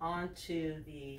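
A wheelchair leg rest is being fitted into its mount on the wheelchair frame, its clip on the inside of the chair lining up with the holes like a puzzle piece. Someone talks throughout this short clip, and no clicks or impacts are heard. Nothing has seated or clicked yet; the leg rest has not snapped into place.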